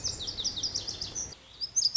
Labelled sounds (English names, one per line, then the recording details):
Lazuli Bunting
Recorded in Sonoma County, California